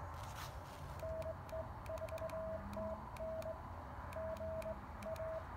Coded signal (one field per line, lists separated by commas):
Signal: Morse code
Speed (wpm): 20 wpm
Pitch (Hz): 640 Hz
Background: none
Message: NE4TN GA